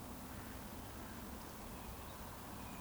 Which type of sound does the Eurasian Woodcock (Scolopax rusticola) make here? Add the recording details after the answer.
whistle. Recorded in Baden-Württemberg, Germany, on 23 June 2020 at 20:19 UTC. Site 14569, 102 m above sea level